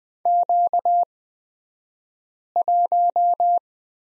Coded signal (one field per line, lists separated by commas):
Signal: Morse code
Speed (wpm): 20 wpm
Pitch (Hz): 700 Hz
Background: none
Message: Q1